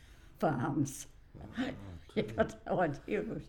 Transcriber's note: laughs